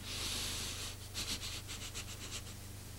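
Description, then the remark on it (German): A long, airy inhale through flared nostrils with eyes closed, followed by a quick series of short, rhythmic sniffs, breathy and hissing, smelling for a scent of violets, with no talking and a low steady hum underneath. “Bitte gehorsamst die Augen zu schließen und durch geblähte Nasenflügel zu atmen.”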